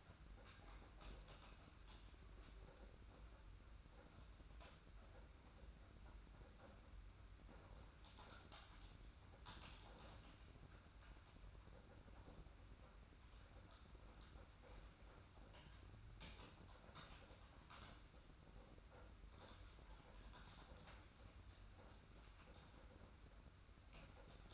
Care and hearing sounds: daily activity, microphone in the room; typing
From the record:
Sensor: 2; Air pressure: 991.6 hPa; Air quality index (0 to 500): 193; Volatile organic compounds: 1000 ppm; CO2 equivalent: 6348 ppm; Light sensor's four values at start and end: 27/85/33/31 and 27/84/33/31

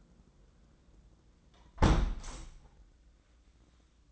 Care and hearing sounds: daily activity, microphone in the room; close window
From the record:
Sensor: 3

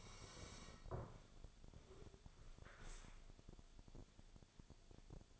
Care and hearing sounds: daily activity, microphone in the room; sit down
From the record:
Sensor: 5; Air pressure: 1000.6 hPa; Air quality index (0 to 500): 143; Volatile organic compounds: 2 ppm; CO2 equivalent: 1113 ppm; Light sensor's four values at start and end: 45/105/44/46 and 45/106/44/46

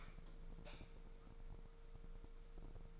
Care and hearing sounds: daily activity, microphone in the room; light off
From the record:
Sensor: 5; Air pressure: 1014.8 hPa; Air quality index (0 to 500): 167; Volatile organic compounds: 6 ppm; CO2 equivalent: 1843 ppm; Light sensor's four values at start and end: 118/283/121/133 and 117/278/119/131

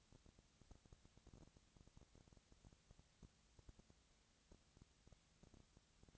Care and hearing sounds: daily activity, microphone in the room; no activity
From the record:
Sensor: 3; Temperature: 20.4 degrees Celsius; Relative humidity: 34.4%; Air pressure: 997.0 hPa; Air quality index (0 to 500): 205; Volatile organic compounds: 68 ppm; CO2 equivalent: 3503 ppm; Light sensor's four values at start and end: 2/3/2/2 and 2/3/2/2

